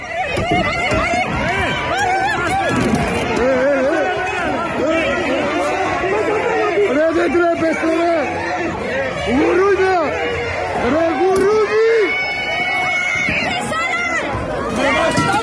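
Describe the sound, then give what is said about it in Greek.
Protesting doctors near the Ministry of Health clashing with riot police (MAT), who intervene to clear the road with tear gas and batons: many voices shout and yell over one another in a loud, continuous, chaotic din, with sharp raised cries rising above the babble throughout. “η κυβέρνηση υποδέχθηκε και χειροκρότησε τους γιατρούς με ΜΑΤ, δακρυγόνα, γκλοπιές”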